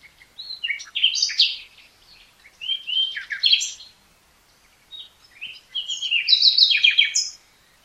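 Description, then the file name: Common nightingale song with several varied phrases of whistles, trills and rattling notes, pausing briefly between them, ending on a loud rapid trill. "Luscinia megarhynchos"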